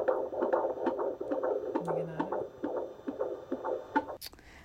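Fast, regular whooshing pulses at about 136–140 per minute, with a faint hum underneath and brief handling noise at the end. This is the heartbeat of a baby girl in the womb, picked up by a midwife's Doppler and replayed from a mobile phone. The rate is typical for a fetus.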